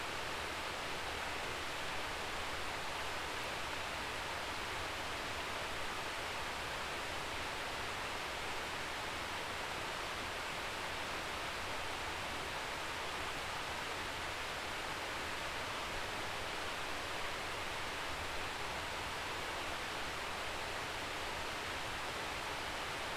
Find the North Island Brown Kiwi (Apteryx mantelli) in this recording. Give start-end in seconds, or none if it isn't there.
none